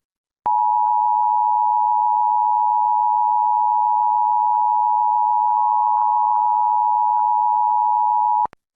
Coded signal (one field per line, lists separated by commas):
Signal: Emergency Alert System (SAME) tones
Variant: 853 and 960 Hz attention tone